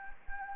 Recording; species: mosquito wingbeat signal from an infrared sensor; Anopheles gambiae